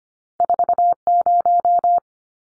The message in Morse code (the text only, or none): 40